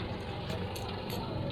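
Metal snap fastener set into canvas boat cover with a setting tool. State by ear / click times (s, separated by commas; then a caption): not seated / none. A hand snap-setting tool is handled to press a metal snap fastener onto the canvas of a boat cockpit cover. Only a steady, broadband background noise is heard, with no sharp transients. Nothing has seated or clicked yet.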